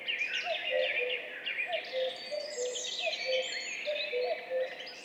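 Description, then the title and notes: Two common cuckoos calling at once, their falling cu-coo notes overlapping and alternating unevenly, beneath a loud chorus of high twittering songbirds. Duet of two common cuckoos at dawn, 5:20, 14 May 2019, in spring, Val Maravel; recorded in stereo with a MixPre-3 recorder and MKH8020 microphones. "Duo de coucou. 14 mai 2019-Piste aux espagnols - Val Maravel - 5h20. un mémorable duo de deux coucous gris"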